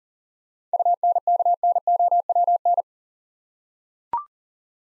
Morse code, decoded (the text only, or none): UNKNOWN